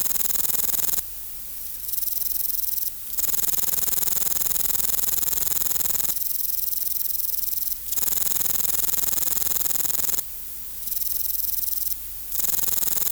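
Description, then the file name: Meadow katydid song, a sustained high-pitched buzz running for several seconds at a time and broken by short gaps, with a steady low hum beneath. "Conocephalus kisi"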